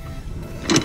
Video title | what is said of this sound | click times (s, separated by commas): New Trailer Add-Ons For 2019 | and it just locks in place simple it ain't moving ain't going nowhere so | 0.7 s, 0.8 s